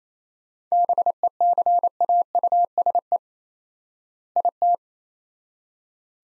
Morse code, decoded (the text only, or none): BECAUSE IT